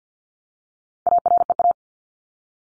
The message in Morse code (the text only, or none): AREA